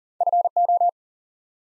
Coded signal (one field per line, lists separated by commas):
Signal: Morse code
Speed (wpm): 40 wpm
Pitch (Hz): 700 Hz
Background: none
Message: FO